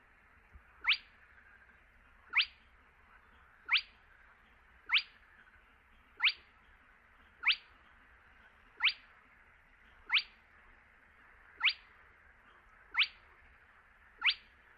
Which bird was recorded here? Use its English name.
Spotted Crake